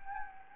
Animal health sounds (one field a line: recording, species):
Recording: mosquito wingbeat signal from an infrared sensor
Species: Anopheles gambiae